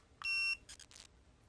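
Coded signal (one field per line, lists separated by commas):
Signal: beep code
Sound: one short electronic beep, then a few soft clicks or rustles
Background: handling noise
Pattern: 1 short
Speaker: if you hit the set button it's gonna delete everything okay so we'll do that and now you have a clear slate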